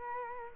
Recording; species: mosquito wingbeat signal from an infrared sensor; Culex quinquefasciatus